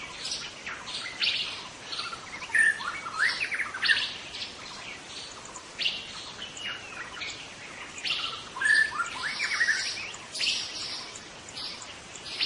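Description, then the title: White-rumped shama song: dense, varied bursts of whistled and buzzy notes, phrases swelling and pausing throughout. White-rumped shama, called murai batu hutan, singing in forest. "Suara burung murai batu hutan"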